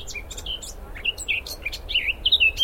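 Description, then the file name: Eurasian blackcap singing a brief burst of rapid, varied warbling, mixing short scratchy notes with clearer whistled slurs, over a faint low rumble. "Sylvia atricapilla"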